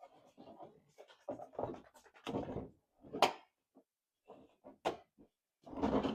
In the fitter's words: right, so the bumper's snapped into place.